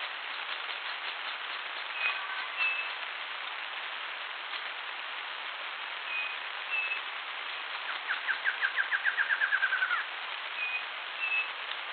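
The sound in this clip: Bird gives scattered high whistled notes in pairs, then a fast falling trill of many short notes near the end, followed by another whistled pair; hissy background.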